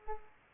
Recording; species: mosquito wingbeat signal from an infrared sensor; Culex pipiens